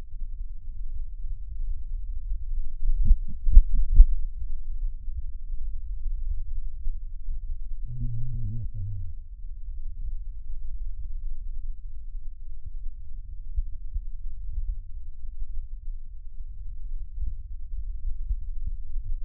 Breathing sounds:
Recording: lung sounds by stethoscope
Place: left anterior apical chest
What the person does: quiet breathing, then cough and speech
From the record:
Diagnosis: COPD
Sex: male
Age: 80 years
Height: 171 cm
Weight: 75 kg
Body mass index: 25.6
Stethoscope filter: bell mode

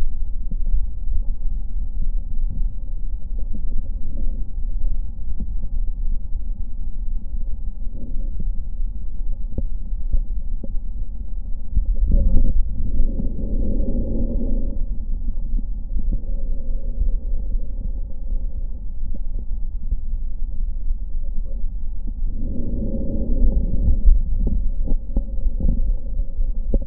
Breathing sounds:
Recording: lung sounds by stethoscope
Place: left posterior basal chest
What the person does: quiet breathing, then deep breathing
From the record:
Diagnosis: none (healthy)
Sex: male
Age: 35 years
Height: 186 cm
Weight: 108 kg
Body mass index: 31.2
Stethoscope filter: diaphragm mode

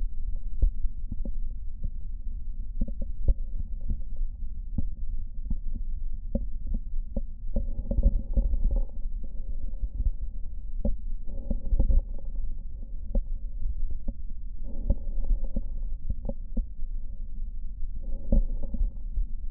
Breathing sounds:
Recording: lung sounds by stethoscope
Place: right posterior basal chest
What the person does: quiet breathing, then deep breathing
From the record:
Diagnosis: interstitial lung disease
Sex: male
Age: 65 years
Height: 161 cm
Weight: 74.6 kg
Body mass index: 28.8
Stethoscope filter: diaphragm mode

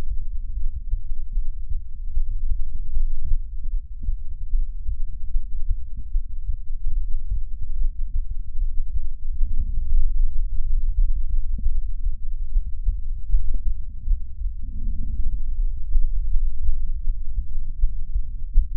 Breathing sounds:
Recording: lung sounds by stethoscope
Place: left anterior apical chest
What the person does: quiet breathing, then deep breathing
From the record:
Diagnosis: interstitial lung disease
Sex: female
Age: 61 years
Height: 155 cm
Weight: 75.5 kg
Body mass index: 31.4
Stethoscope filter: bell mode

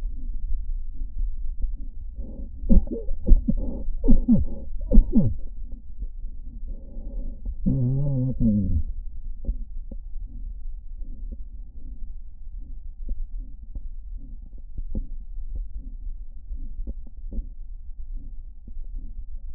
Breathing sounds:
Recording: lung sounds by stethoscope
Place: left anterior apical chest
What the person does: quiet breathing, then cough and speech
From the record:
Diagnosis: interstitial lung disease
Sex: male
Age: 72 years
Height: 170 cm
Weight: 62.9 kg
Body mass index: 21.8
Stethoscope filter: diaphragm mode

